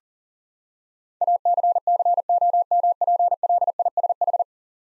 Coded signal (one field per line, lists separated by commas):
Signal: Morse code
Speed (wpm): 37 wpm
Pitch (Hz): 700 Hz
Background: none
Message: ACCOMPLISH